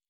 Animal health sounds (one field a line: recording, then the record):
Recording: hydrophone in a shrimp aquaculture tank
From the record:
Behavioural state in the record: normal